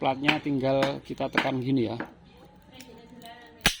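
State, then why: Seated. A metal clutch pressure plate is pressed down by hand onto the clutch pack of a Suzuki Tornado, GS or Crystal motorcycle once its tabs sit in their slots. Someone talks for the first two seconds, then a quiet stretch with faint handling noises follows. A sharp, loud click at 3.7 s marks the plate snapping firmly into place.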